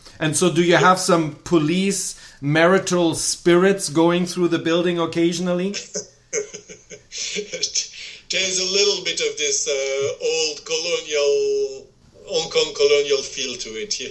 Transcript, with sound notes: So, do you have some police marital spirits going through the building occasionally?
(laughter) There is a little bit of this old colonial Hong Kong feel to it.